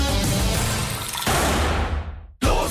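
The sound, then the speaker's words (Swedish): Water dripping and splattering from a roof in a dense, steady patter, fairly loud throughout, with an abrupt brief gap just before the sound resumes at the end. No voices. “Plåtslageriet gör ditt liv lätt när det droppar från ditt tak.”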